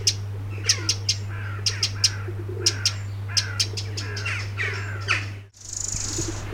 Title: garden Ambient 20210625 T 1900 Z-wren-loud-contact-calls-in-16 WW-back-garden